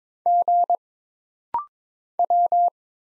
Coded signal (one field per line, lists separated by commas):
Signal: Morse code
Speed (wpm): 22 wpm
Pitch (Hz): 700 Hz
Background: none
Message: G W